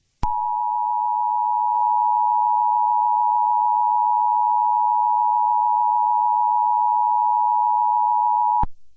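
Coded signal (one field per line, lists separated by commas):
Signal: Emergency Alert System (SAME) tones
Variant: 853 and 960 Hz attention tone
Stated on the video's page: Fictional EAS scenario using valid tones; not a real alert.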